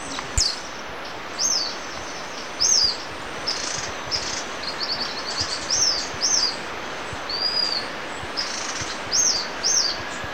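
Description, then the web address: White-fronted tyrannulet calls: thin, very high arched notes given singly and in quick pairs at irregular intervals over steady hiss. Ecuador. "Birds of Ecuador White-fronted Tyrannulet"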